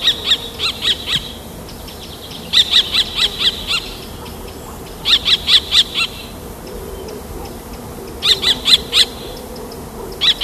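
Common kestrel calls, quick series of sharp high repeated notes, about five per burst, bursts every few seconds, over low background noise.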